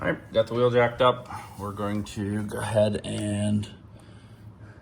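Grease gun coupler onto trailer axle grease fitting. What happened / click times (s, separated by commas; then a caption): Handled, not yet home: no seating click before the coupler goes on / none. A trailer wheel is jacked up, and a grease gun's metal coupler is handled near the trailer axle's grease fitting while someone talks. Nothing has seated or clicked yet; the coupler has not gone home on the fitting by the end of the clip.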